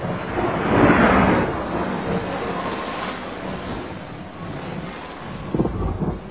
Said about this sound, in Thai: พายุเห็บนี้มันจะไม่มีวันหยุดเลยหรือที่ปรึกษา เท่าที่รู้พี่ครับมนต์ที่วิเศษที่สุดก็ไม่อาจจะสู้ได้ไม่เคยมีใครเห็นพายุที่หนักอย่างนี้มาก่อนเลยพี่